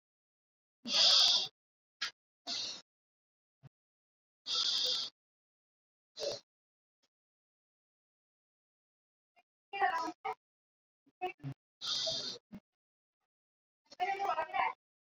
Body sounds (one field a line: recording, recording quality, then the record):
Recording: deep breathing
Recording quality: excellent, no background noise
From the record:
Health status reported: COVID-19 positive, mild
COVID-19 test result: positive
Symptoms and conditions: breathing difficulty, fever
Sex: male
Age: 38 years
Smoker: not ticked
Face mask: worn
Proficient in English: yes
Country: India